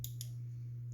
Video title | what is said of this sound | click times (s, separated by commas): HGUC RX-178 Gundam MK II (Titans) | it onto a head Nick clicks into place | 0.0 s, 0.2 s